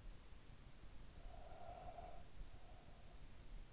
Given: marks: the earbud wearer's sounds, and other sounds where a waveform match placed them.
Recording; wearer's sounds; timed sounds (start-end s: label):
sounds in sleep by an in-ear microphone; breath
0.87-3.69 s: breath